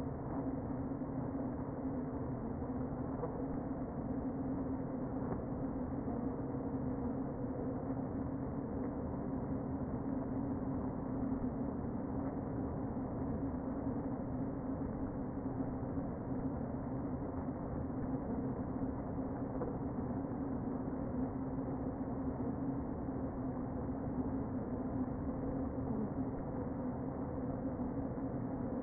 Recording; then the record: honeybee colony, microphone inside the hive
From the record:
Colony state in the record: queen present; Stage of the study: before two queens were removed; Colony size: about 60,000 bees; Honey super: yes